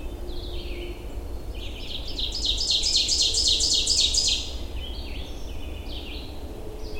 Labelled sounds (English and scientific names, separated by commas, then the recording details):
Ovenbird (Seiurus aurocapilla) song
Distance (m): 10 m
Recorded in boreal forest in Alberta, Canada, on 22 June 2016 at 07:22
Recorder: SongMeter 3, array SBT-6-76
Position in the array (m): 31 m, 84 m
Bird 2